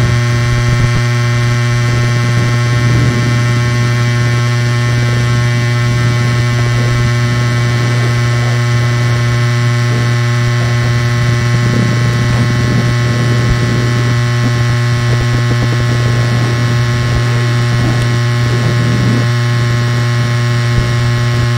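An old TV picture tube gives off a steady electrical hum with a strong low drone, many fixed tones above, and faint crackling throughout.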